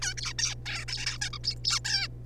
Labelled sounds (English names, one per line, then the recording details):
Zebra Finch
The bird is a juvenile
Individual R3549